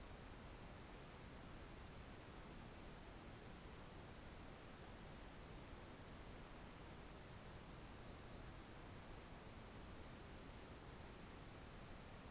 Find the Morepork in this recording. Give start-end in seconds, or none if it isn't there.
none